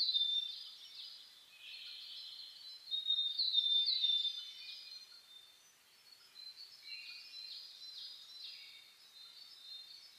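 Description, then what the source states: Birds singing together at dawn: high chirping and short whistles run throughout, peaking around three to four seconds, then fading slightly. Dawn chorus (reimei) birdsong (saezuri), recorded 10 May 2010.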